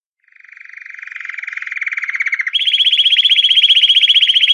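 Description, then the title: Canary song beginning with a soft trill that grows louder, then switches to a higher, brighter rapid trill held to the end. Belgian canary, pure bell-type song with pauses, for training. "Canto Canário Belga Campainha Puro Com Pausa Para Treinamento"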